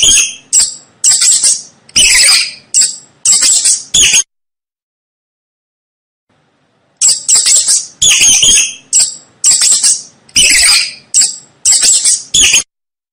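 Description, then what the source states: Mouse squeaks, high and raspy, in quick repeated bursts, a pause, then a longer sequence of similar squeaks. Mouse squeaking to help a baby fall asleep.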